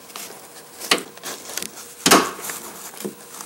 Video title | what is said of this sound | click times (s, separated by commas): Repairing broken Door Lock Mechanism on Nissan D21 Hardbody Pick ups | okay so that snaps in place | 2.1 s